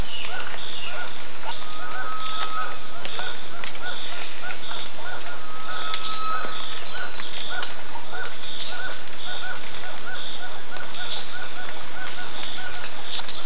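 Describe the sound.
Bird calls: many repeated brief chirps, high squeaky notes and a couple of drawn-out even whistles, with persistent hiss behind.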